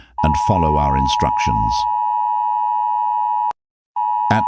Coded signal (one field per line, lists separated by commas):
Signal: Emergency Alert System (SAME) tones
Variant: 853 and 960 Hz attention tone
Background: speech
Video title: The Titan - EAS Scenario (Analog Horror)